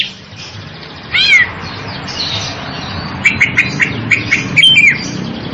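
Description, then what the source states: Greater green leafbird calls: one loud arched whistle, then a row of short, clipped, slurred whistled notes. Singing energetically (gacor).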